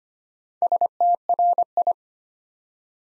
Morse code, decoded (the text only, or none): STRI